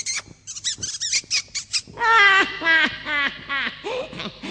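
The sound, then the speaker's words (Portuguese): A rapid string of tiny, shrill squeaks, like a mouse, gives way to a burst of loud, drawn-out cat yowls and snarling meows that rise and fall several times as the cat catches and eats the mouse. “Para provar, neste instante, vou virar um camundongo.”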